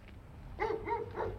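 A dog gives three short, tonal barks in quick succession, moderately loud over a low background rumble, each bark bright and slightly whiny in pitch.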